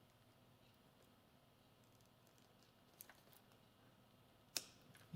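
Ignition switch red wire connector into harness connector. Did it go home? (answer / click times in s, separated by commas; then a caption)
yes / 4.6 s. A red wire connector from the ignition switch of a Yamaha YL1 motorcycle is plugged into its mating connector on the motorcycle's wiring harness. Against a quiet, steady background, a few faint ticks are heard around 3.0 to 3.4 seconds, then one sharp click at 4.6 seconds. The connector is confirmed seated at that click.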